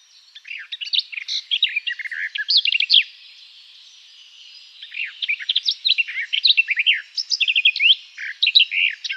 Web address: Schulze Peter Garden Warbler song